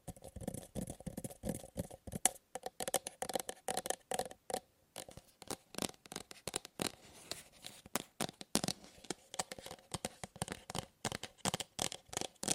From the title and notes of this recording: ASMR Fast & Slow Tapping on 6 Objects No Talking.